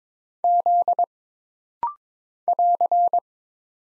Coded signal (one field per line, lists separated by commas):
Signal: Morse code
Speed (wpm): 22 wpm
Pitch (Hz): 700 Hz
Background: none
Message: Z <AR>